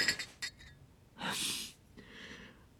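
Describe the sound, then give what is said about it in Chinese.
A few bright, ringing glass clinks in quick succession as glasses and a bottle of Firewhisky are taken from a sideboard in a Harry Potter scene, followed by a louder breathy whoosh and a softer hiss trailing off, with no voices. “比尔走到餐具柜前，拿出一瓶火焰威士忌和几个玻璃杯。”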